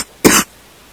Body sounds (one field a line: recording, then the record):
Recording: coughing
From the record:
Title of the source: 30 Chesty and wet cough